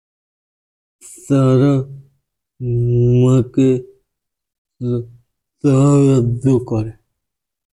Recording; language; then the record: elicited speech; Bengali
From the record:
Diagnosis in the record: Broca's or global aphasia after a stroke